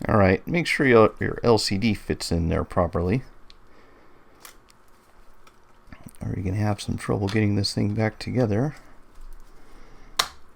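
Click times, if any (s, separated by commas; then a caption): 10.2 s. While reassembling a RaceMe Ultra handheld vehicle tuner after a micro USB port replacement, the LCD display is pressed back into its housing as someone talks. Quieter handling sounds follow, then a sharp, loud snap at 10.2 s as the LCD seats in place.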